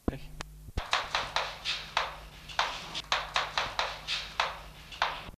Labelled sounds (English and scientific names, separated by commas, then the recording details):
Brown Fish Owl (Ketupa zeylonensis)
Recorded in captivity
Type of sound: beak sound
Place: Vogelpark Walsrode, Niedersachsen, DE
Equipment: Halbspur, 9,5 cm/s
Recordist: Lütgens, Hans
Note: Schnabelgeräusche